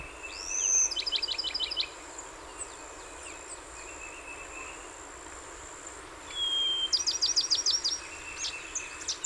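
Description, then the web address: Bachman's sparrow singing twice: each song a clear whistle leading into a fast, high trill of chipping notes, with a quiet pause of several seconds between the songs. Recorded 30 April 2019; the recording holds 27 songs. "soundrecordings 2019-04-30 Bachmans Sparrow-27 Songs"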